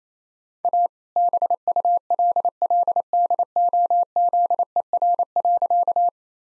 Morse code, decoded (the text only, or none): A BULLDOZER.